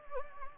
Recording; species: mosquito wingbeat signal from an infrared sensor; Anopheles gambiae